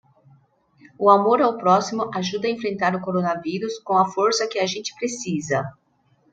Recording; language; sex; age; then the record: spoken sentence; Brazilian Portuguese; female; 50 to 59 years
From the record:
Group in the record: control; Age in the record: 52 years